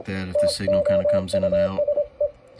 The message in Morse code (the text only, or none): TOUSE